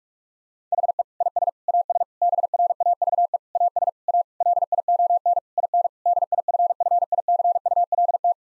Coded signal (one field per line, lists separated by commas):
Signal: Morse code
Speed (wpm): 43 wpm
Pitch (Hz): 700 Hz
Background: none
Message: HE IS AS BRAVE AS A LION IN DIFFICULT